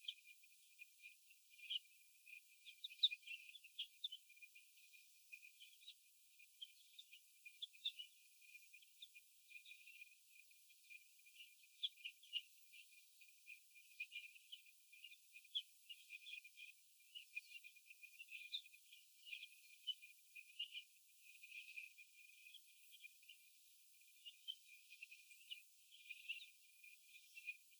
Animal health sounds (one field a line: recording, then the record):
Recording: young laying hens in a cage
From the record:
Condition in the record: after the stressor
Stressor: sudden umbrella opening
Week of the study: 2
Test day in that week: 1